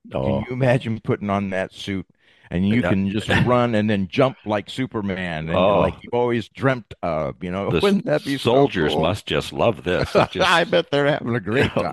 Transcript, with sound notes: Can you imagine putting on that suit and you can-
Yeah. (laughs)
... just run and then jump like Superman?
Oh.
And like, you always dreamt of, you know?
The s-
Wouldn't that be so cool?
... soldiers must just love this.
(laughs) I bet they're having a great time.